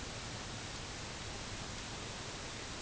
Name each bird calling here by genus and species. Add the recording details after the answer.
none. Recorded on Arctic tundra, site UTQI-5, on 21 June 2018. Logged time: 06:00